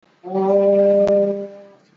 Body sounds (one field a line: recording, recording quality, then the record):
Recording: sustained vowel as in boot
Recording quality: moderate, slight background noise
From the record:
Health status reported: exposed to COVID-19, no respiratory illness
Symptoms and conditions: cough, cold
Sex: male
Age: 24 years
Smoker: no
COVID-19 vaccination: both doses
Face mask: worn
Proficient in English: yes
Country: India